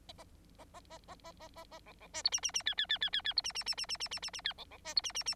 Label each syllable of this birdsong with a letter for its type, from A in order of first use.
A A A A A A A A B B C D E E E F F F F F F D E E E E E E E E E F B B C D E E E